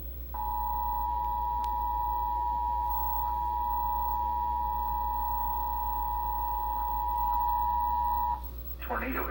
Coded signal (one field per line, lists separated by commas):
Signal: Emergency Alert System (SAME) tones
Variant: 853 and 960 Hz attention tone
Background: speech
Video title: (Fictional PBS Station) PBS Kids Program Break With EAS Alert Tornado Warning (2011 KNVO-TV/VHF)